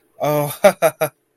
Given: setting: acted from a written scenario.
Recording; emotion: vocal sound without words; elation